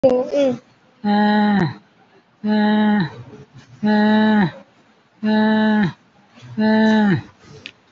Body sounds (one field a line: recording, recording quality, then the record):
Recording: deep breathing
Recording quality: excellent, no background noise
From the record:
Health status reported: COVID-19 positive, mild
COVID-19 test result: positive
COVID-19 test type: RT-PCR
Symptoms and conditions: cough, fatigue, hypertension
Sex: female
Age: 75 years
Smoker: no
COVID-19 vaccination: one dose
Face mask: worn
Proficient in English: no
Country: India